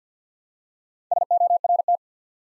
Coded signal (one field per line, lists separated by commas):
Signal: Morse code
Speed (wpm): 50 wpm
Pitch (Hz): 700 Hz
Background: none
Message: SORT